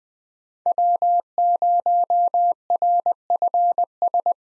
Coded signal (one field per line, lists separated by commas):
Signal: Morse code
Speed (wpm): 20 wpm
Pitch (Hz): 700 Hz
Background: none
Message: W0RFS